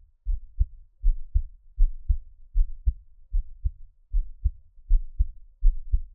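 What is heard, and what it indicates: An adult's heartbeat: steady paired low thumps at about 78 beats a minute in a regular rhythm, with no talking.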